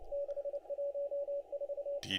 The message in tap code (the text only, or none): none